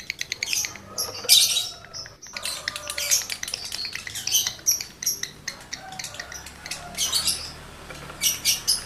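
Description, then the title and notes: Lovebird song of rapid dry ticking notes mixed with thin squeaks and short harsh chirps, delivered in quick uneven bursts. Male lovebird in breeding condition; its singing is used as a lure to stimulate other lovebirds to sing. "Birahi Lovebird Jantan ke Gacor. Pancingan Suara Lovebird jantan birahi"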